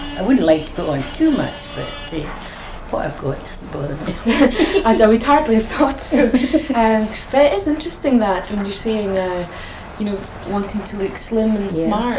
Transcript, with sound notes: I wouldn't like to put on too much, but, eh, what I've got doesn't bother me. [laughs]
And I would hardly have thought so. Erm, it is interesting that, when you're saying, eh, you know, wanting to look slim and smart.